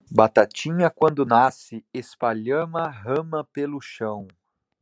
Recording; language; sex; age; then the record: short text; Brazilian Portuguese; male; 30 to 39 years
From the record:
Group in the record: control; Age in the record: 32 years